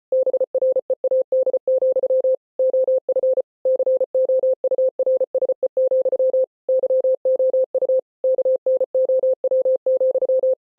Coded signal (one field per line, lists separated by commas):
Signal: Morse code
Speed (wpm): 33 wpm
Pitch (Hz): 520 Hz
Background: none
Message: BREAD, OF COURSE, YOU KNOW,